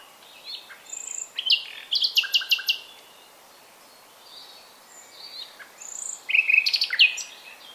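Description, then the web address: Common nightingale singing two phrases of sharp, repeated, clicking notes mixed with short whistles, separated by a few seconds of quiet. "SETE data Luscinia megarhynchos"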